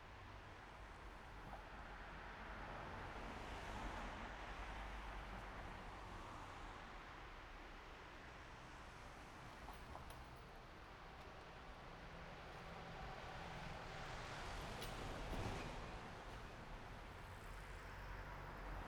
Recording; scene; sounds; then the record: everyday scene through a hearing-aid microphone; in traffic; traffic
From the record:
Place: main road on the outskirts, rush hour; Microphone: behind the ear, right, front